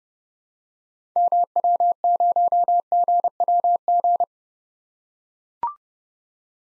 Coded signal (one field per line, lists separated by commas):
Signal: Morse code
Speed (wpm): 30 wpm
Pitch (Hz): 700 Hz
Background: none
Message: MW0GWG